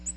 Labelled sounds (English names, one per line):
Ovenbird flight call